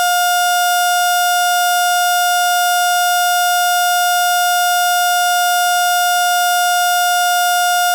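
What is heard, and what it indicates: Unbroken, steady high-pitched heart monitor tone throughout: a simulated flatline alarm signalling no detected heartbeat.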